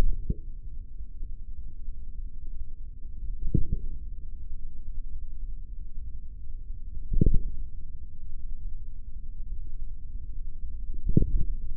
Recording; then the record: forearm muscle sounds (acoustic myography)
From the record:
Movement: finger pinch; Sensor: system 3, bracelet of six PUI Audio POM-2738L microphones around the upper forearm, with dedicated amplification and filtering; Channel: 1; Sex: male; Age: 43 years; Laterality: right